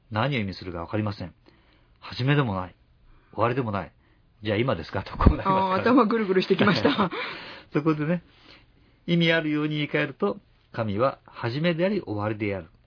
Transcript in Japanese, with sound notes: しません。初めでもなく、終わりでもない、では今ですか。
あらっ （笑い）
それで、意味あるように言い換えると、神は初めであり終わりである、